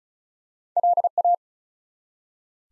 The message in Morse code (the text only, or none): LA